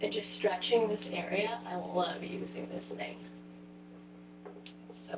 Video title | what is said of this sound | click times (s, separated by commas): Tools that have helped me get rid of ankle, calf & foot pain from wearing heels, sprains and surgery | I didn't click it in properly. | 4.7 s